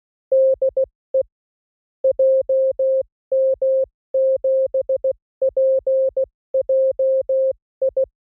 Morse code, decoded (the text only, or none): DE JM7PJI